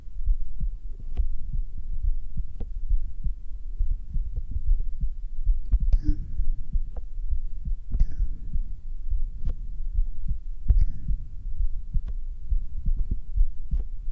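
Deep, muffled heartbeat thuds pulse steadily beneath a constant low rumble, picked up by a black 3Dio binaural microphone pressed against the bare skin on the right side of the chest. Occasional sharp clicks and rustles from skin contact break in. These are ordinary adult heart sounds, made for ASMR listening.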